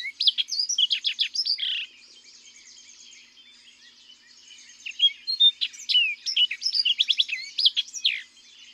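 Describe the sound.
Orchard oriole song: two bursts of quick, varied whistles and chattering notes, split by a quiet pause, over a faint background of other birds.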